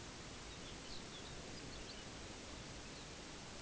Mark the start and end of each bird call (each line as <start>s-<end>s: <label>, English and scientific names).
0.41s-2.11s: Lapland Longspur (Calcarius lapponicus)
2.84s-3.12s: Lapland Longspur (Calcarius lapponicus)